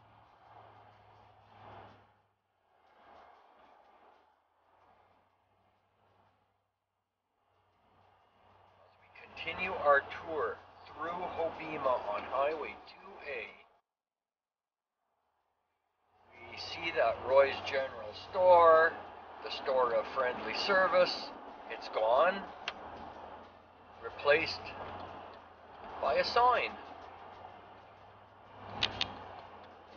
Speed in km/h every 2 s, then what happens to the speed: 60, 60, 60, 61, 62, 62, 61, 60, 61, 61, 58, 58, 58, 58, 59.
0-30 steady at about 60.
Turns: none.